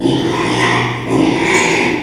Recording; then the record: squeal of a Yucatan mini pig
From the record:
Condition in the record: after surgery on the right vocal fold (resection and tissue-engineered implant); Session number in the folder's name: 1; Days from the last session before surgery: 6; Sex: male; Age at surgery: 12 weeks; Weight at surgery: 13 kg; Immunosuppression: cyclosporine, prednisolone